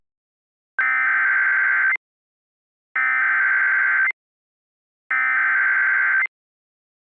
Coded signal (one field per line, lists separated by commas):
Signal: Emergency Alert System (SAME) tones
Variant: header bursts